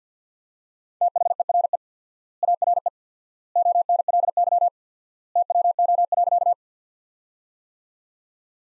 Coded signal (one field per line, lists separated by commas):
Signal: Morse code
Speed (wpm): 49 wpm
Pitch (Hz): 700 Hz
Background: none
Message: THERE ARE ONLY TWO.